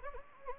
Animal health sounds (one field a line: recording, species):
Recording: mosquito wingbeat signal from an infrared sensor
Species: Anopheles gambiae